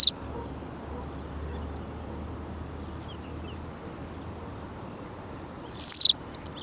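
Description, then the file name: Western yellow wagtail calls, the tail of one note at the very start, then a clear, thin, downward-sliding 'tsweep' near the end. "Bergeronnette-printanière- -Motacilla-flava"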